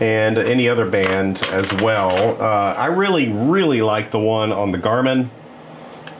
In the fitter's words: I mean literally it just clicks right in place.